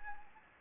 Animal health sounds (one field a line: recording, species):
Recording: mosquito wingbeat signal from an infrared sensor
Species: Anopheles gambiae